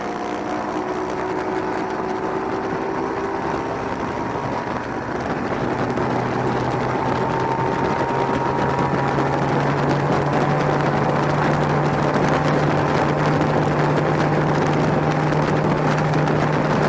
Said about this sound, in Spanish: Cuando la barca está quieta o va despacio, está bien asentada en la superficie, con todo el casco en contacto con el agua y hundido unos cuantos centímetros bajo la superficie. ¿Qué pasa cuando el timonel acelera y la lancha va cada vez más rápido?